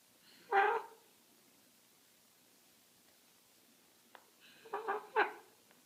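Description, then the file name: Scarlet macaw chick calls: a short harsh squawk, a pause of a few seconds, then a cluster of a few rough, harmonic squawks close together. Hand-reared scarlet macaw chicks from a breeder. "krasnyi ara ara macao rucnye ptency iz pitomnika"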